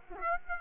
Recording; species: mosquito wingbeat signal from an infrared sensor; Aedes aegypti